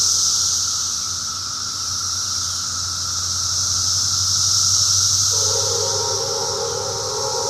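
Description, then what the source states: Cicadas drone in an unbroken high shrill hiss; a low hum runs beneath, and a steady tonal whine joins about two-thirds of the way through. Recorded in 2004.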